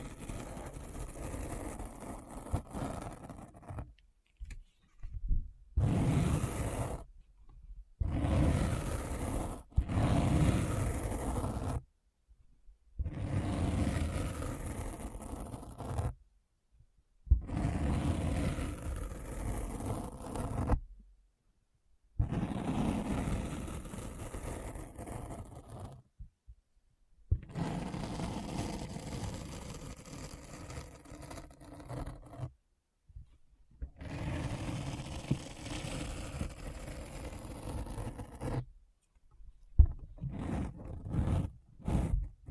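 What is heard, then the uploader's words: Deep, scratchy grinding comes in rough bursts, heaviest in the low end, each lasting one to five seconds and broken by short, sudden silences. About a dozen bursts of roaring, scraping texture stop and start irregularly, with a cluster of quick stabs near the end. ASMR Deep Brain Scratch (No Talking).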